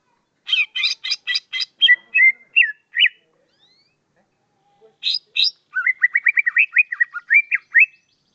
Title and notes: Suara Kicauan Burung untuk memaster burung kesayangan